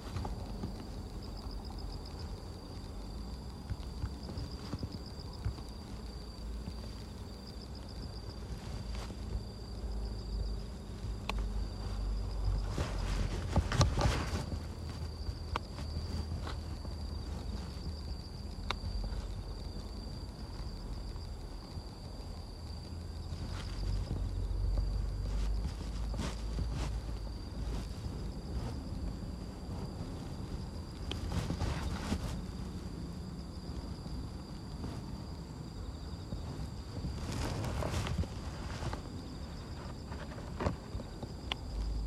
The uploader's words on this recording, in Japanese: ガサガサ音あり 人参除草／夕暮れ。片手にハサミを持ちながら、草を抜きつつ、大きいものはチョンチョン切っていきます。蚊が集まってきて、服の上からでも強烈に刺してきます。秋虫も大合唱。